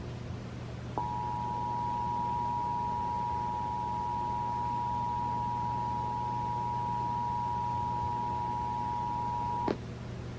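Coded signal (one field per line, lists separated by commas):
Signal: Emergency Alert System (SAME) tones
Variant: 853 and 960 Hz attention tone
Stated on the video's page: Real NOAA Weather Radio alerts on 162.550 MHz from Independent Hill, Virginia: flood, winter storm warnings and tests, issued by the Sterling forecast office.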